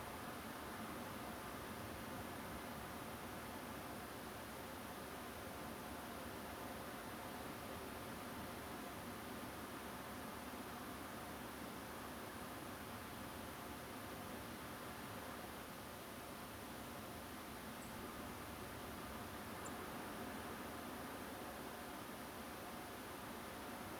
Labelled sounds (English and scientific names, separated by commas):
Song Thrush (Turdus philomelos)